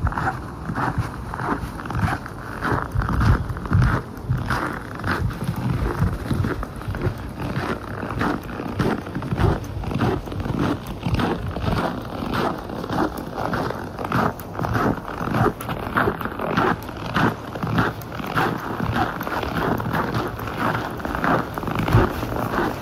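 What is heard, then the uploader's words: Footsteps crunch through fresh snow in a steady, regular rhythm, each dense gritty crunch following closely on the last, with low rumbling underneath. Walking on freshly fallen snow. The sound of the snow crunching beneath your feet. The peaceful stillness of a snowy forest.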